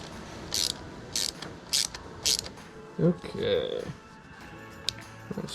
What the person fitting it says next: Snap right in place.